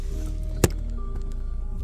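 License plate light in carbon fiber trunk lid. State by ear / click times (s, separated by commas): partly seated / 0.6 s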